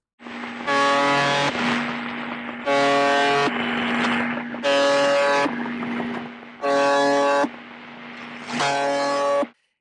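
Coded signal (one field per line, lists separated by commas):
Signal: channel marker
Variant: UVB-76 (The Buzzer)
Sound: five harsh low buzzes, about a second each, repeating every two seconds through static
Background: radio static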